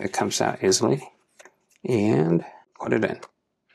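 Someone talks while handling a developer strap at the side connector slot of a mixed-reality headset, with only faint quiet handling sounds between the words. The strap has not seated or clicked into place yet.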